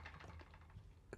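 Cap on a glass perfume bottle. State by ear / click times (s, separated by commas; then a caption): not seated / none. A cap is pressed back onto a glass Coco Mademoiselle by Chanel perfume bottle, making several small taps with the sharpest one near 1.1 s. The cap no longer clicks into place, so it does not latch, and nothing has clicked yet.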